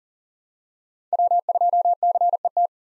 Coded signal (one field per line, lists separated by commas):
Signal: Morse code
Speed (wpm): 40 wpm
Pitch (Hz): 700 Hz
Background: none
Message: W2CET